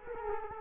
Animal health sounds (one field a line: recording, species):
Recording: mosquito wingbeat signal from an infrared sensor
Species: Culex quinquefasciatus